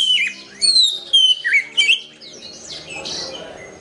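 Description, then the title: Oriental magpie-robin song: a few sharp whistled and slurred notes in quick succession, fading into a soft noisy background. "Kacer"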